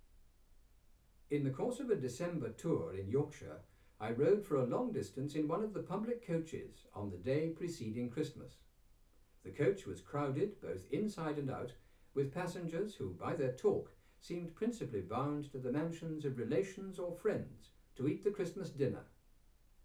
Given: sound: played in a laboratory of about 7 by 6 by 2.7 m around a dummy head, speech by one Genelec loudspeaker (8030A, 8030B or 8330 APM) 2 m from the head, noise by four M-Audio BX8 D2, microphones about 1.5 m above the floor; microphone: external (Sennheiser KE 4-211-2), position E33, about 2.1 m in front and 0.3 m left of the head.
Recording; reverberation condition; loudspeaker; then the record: male speech in English; low; 90 degrees to the left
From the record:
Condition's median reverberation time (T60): about 310 ms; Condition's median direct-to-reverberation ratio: about 3.5 dB